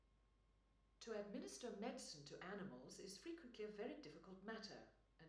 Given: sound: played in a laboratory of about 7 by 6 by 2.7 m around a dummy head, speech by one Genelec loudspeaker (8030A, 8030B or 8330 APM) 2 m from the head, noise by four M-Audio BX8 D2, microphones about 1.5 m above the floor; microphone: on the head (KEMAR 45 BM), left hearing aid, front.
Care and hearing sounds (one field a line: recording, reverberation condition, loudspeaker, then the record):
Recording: female speech in English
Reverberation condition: medium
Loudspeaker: 90 degrees to the left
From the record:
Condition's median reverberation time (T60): about 510 ms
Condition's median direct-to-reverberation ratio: about -0.5 dB